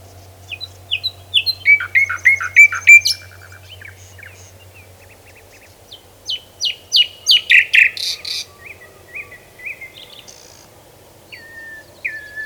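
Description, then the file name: Common nightingale song in varied bursts: fast chattering notes and whistles, a pause, then a quick repeated series and short whistles, with a low hum in the first half. "Luscinia megarhynchos"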